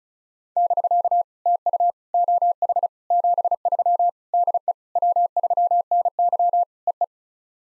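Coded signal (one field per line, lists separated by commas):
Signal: Morse code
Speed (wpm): 36 wpm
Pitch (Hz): 700 Hz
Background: none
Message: <BK> TU OH 73 DE W3NY EE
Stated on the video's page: POTA exchange practice at 35 wpm; each exchange sent in Morse, spoken, then sent again.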